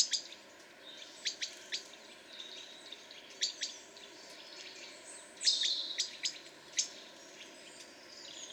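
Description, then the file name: European robin: sparse, high ticking notes and short thin phrases spaced by quiet gaps, then a louder, brighter warbled burst. "Erithacus rubecula"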